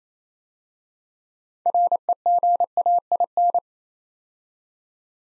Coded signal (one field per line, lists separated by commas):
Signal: Morse code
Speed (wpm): 27 wpm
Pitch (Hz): 700 Hz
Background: none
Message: REGAIN